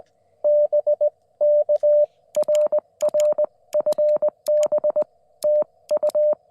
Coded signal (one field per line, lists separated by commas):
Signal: Morse code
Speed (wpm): 20 wpm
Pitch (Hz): 600 Hz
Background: none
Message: BK RR FB TU